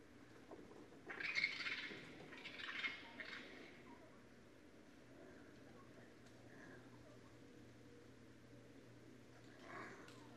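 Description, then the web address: Raccoon giving harsh, noisy squealing bursts in a cluster around the first few seconds, then quiet with a low steady hum and one short burst near the end. Recorded on 29 December 2011. "Raccoon 2011 12 29"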